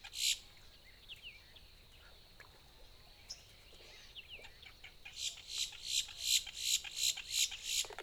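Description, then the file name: Boat-tailed grackle, one harsh note at the start, then quiet chirps, then a fast regular series of grating, rasping calls over the final three seconds. Recorded 14 April 2018. "2018-04-14 BTGR"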